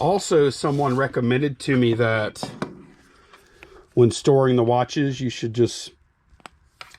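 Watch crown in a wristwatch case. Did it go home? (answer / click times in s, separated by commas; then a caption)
released / 6.5 s, 6.8 s. Someone talks, then a metal watch crown on a wristwatch case is pulled out to its stop position so the movement stops running for storage. Two sharp, short clicks are heard at 6.5 and 6.8 seconds as the crown is pulled and released into place.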